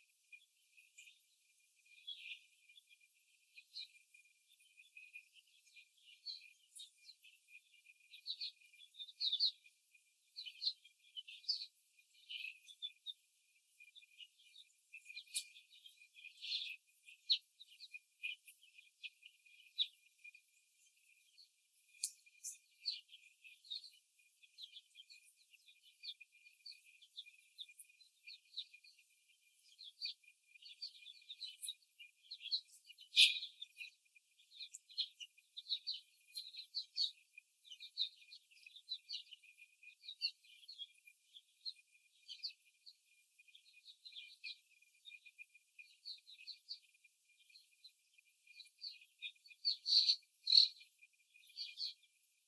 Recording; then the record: young laying hens in a cage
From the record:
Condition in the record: before the stressor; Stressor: simulated dog barking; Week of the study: 3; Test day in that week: 2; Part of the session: 3